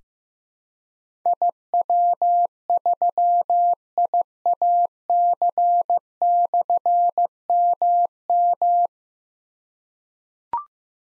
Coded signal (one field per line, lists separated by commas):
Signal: Morse code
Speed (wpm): 15 wpm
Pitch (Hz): 700 Hz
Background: none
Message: IW3IAC/MM